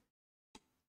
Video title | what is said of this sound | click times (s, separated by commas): Live: Unique Tower Build Featuring Cooler Master NCORE 100 Max - An Actual Tower! | there's the click | 0.6 s